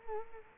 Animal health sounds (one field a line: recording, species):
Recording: mosquito wingbeat signal from an infrared sensor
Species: Culex quinquefasciatus